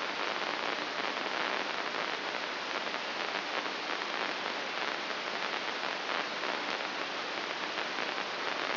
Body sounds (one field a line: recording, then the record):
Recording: brain microelectrode recording played as sound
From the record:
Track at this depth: inside the subthalamic nucleus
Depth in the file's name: 5.816 mm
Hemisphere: left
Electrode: 2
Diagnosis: Parkinson's disease